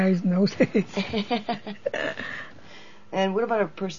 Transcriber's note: laughs